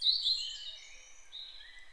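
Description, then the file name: European robin giving a brief high, tinkling phrase that starts loud and fades into thin, sustained sliding notes, with no other clear sounds. "Erithacus rubecula"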